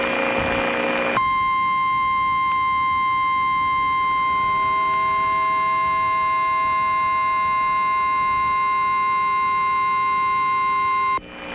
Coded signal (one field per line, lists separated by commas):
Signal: Emergency Alert System (SAME) tones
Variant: 1050 Hz attention tone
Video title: EAS made by me. **Special Marine Warning in effect for Cook County and Illinois waters until 930pm**